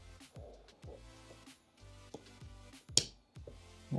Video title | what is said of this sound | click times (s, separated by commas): CARTRIMHOME INTERIOR LED UPGRADE DUAL COLOR - 5TH GEN TOYOTA 4RUNNER | you go you should hear the click | 3.0 s